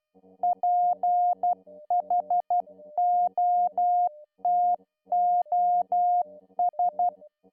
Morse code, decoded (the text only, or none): PHOTOS